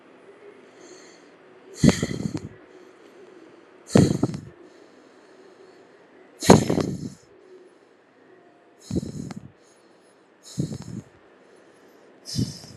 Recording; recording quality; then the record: deep breathing; excellent, no background noise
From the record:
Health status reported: healthy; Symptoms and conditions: none ticked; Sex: male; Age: 32 years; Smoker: not ticked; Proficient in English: yes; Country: India